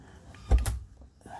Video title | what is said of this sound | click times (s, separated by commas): Ford Mondeo MK3 handbrake cable replace | click into place. | 0.7 s